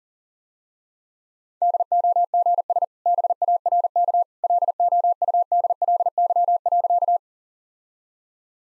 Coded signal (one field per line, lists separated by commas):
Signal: Morse code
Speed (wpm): 40 wpm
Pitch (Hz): 700 Hz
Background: none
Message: DOGS BARK LOUDLY.